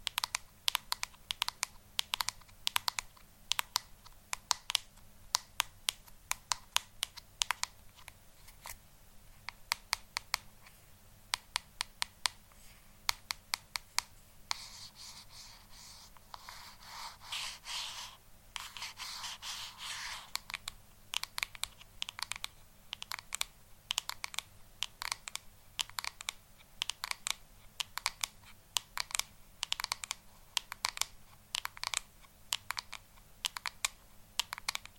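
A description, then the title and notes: Quick, bright tapping clicks fall in dense, irregular bursts over a low steady hum, with a softer scratchy stretch around the middle. ASMR Tapping For Sleep & Relaxation.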